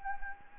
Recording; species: mosquito wingbeat signal from an infrared sensor; Anopheles arabiensis